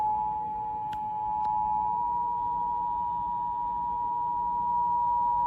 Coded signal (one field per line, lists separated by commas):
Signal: Emergency Alert System (SAME) tones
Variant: 853 and 960 Hz attention tone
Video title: National Periodic Test EAS (8-11-2021)